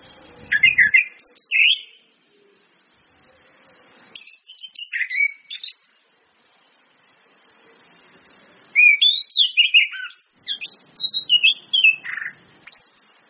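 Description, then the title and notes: Orange-headed thrush song, three bursts of rich, varied whistled phrases sweeping up and down, separated by pauses. Indonesian training lure ('pancingan') of clear 'ngeplong' song with female whistles ('suitan betina'), meant to make birds sing eagerly ('gacor'). "PANCINGAN anis kembang ngeplong dan SUITAN BETINA. Masteran Anis Kembang"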